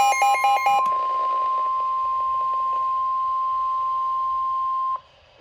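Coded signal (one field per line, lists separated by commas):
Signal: Emergency Alert System (SAME) tones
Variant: 1050 Hz attention tone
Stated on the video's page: Tornado warning tones received on NOAA Weather Radio for New Jersey and Philadelphia areas.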